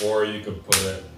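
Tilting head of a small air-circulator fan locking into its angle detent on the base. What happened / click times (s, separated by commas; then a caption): No seating click yet; only talk while the part is handled / none. Someone talks while handling the plastic tilting head of a small air-circulator fan, moving it back toward its straight position on the base, with a brief sharp handling noise near 0.7 s. The head has not yet clicked into its angle detent or locked.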